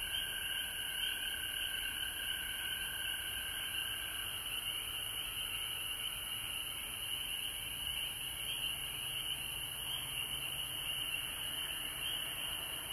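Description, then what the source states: Frogs trilling in a dense chorus; a lower steady tone fades out after about four seconds while the higher pulsing trills and a faint high hiss continue. Recorded at home in Georgia on March 19, 2020.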